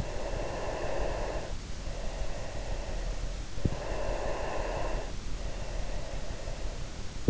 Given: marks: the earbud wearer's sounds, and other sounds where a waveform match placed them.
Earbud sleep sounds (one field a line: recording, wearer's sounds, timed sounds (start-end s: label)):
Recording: sounds in sleep by an in-ear microphone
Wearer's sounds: breath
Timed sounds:
0.00-3.38 s: breath
3.83-6.95 s: breath